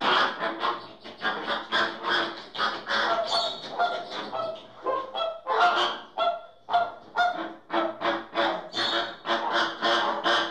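American flamingo calls: rapid, rhythmic nasal squawks in a nearly continuous clamour.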